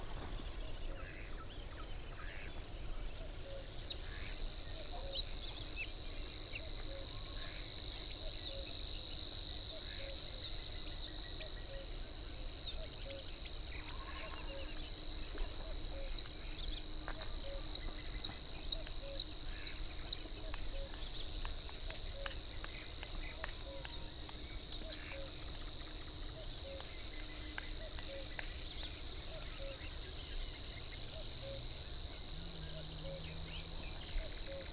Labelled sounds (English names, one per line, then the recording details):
Bluethroat song
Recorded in the wild
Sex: male
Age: adult
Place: Gartz (Oder), Nationalpark Unteres Odertal, Brandenburg, DE
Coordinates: 53.1328, 14.3756
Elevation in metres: 1
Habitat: meadow
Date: 2014-05-07 20:40
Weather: cloudy, 18°C, almost windless
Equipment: Sound Devices 702, Sennheiser MKH 70, Rycote Windschutz
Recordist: Frommolt, Karl-Heinz